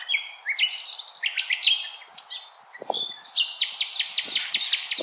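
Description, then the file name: Common nightingale singing varied phrases: rising whistled notes, quick chirping bursts and fast repeated notes. Recorded on 16 April 2021. "Nightingale-210416"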